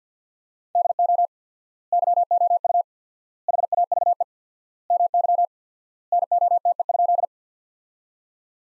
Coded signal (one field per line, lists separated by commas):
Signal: Morse code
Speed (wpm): 50 wpm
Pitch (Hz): 700 Hz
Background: none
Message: DO YOU HAVE MY NOTE?